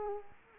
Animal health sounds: mosquito wingbeat signal from an infrared sensor; Anopheles arabiensis

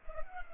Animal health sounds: mosquito wingbeat signal from an infrared sensor; Culex pipiens

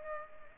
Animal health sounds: mosquito wingbeat signal from an infrared sensor; Culex pipiens

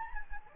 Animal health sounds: mosquito wingbeat signal from an infrared sensor; Anopheles gambiae

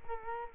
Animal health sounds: mosquito wingbeat signal from an infrared sensor; Culex quinquefasciatus

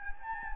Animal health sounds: mosquito wingbeat signal from an infrared sensor; Anopheles gambiae

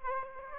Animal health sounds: mosquito wingbeat signal from an infrared sensor; Aedes aegypti

